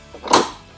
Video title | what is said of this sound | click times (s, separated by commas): Best Scooter for Small Spaces? Rascal Venture 3-Wheel Portable Mobility Scooter | I can just drop into place. And you heard that click. | 0.3 s